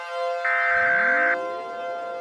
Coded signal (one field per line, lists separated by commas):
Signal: Emergency Alert System (SAME) tones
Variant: header bursts